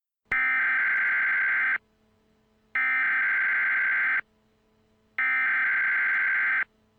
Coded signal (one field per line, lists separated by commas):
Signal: Emergency Alert System (SAME) tones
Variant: header bursts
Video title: EAS Scenario - Galveston Hurricane